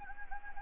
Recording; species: mosquito wingbeat signal from an infrared sensor; Anopheles gambiae